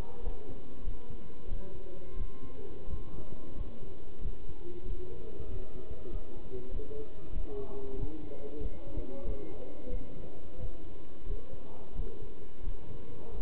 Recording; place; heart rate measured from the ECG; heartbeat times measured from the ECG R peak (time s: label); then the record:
heart sounds by stethoscope; between the tricuspid and mitral areas; 92 bpm
0.24 s: heartbeat
0.84 s: heartbeat
1.49 s: heartbeat
2.17 s: heartbeat
2.88 s: heartbeat
3.56 s: heartbeat
4.22 s: heartbeat
4.86 s: heartbeat
5.49 s: heartbeat
6.11 s: heartbeat
6.72 s: heartbeat
7.33 s: heartbeat
7.97 s: heartbeat
8.61 s: heartbeat
9.25 s: heartbeat
9.90 s: heartbeat
10.58 s: heartbeat
11.27 s: heartbeat
11.96 s: heartbeat
12.64 s: heartbeat
13.32 s: heartbeat
From the record:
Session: pedaling a stationary bicycle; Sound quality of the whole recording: good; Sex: male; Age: 27 years